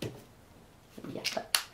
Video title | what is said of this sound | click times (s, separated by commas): ¿Cómo limpiar la máquina de afeitar? | Encajamos esta pieza aquí que va a presión. Y ya está. Listo. | 1.6 s